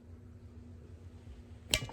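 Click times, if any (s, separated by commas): 1.7 s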